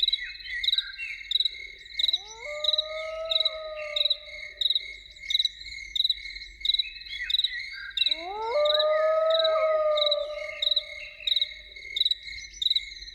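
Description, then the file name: Loon wails twice, each rising then holding long and mournful, over a constant pulsing chorus of chirping insects. Loons heard in the evening. "Evening with Loons"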